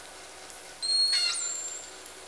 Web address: Orca Calls Alwin Audiosamples call S 42 (J version)